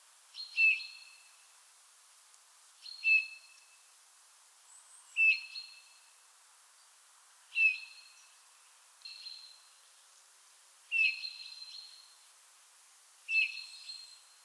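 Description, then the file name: Eurasian bullfinch giving a series of soft piping whistles, repeated every couple of seconds. "Pyrrhula pyrrhula"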